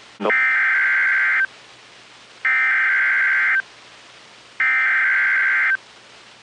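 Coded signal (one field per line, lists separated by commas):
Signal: Emergency Alert System (SAME) tones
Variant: header bursts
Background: speech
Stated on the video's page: Severe storm and tornado warnings received from NOAA Weather Radio stations in Kentucky, Tennessee and Indiana.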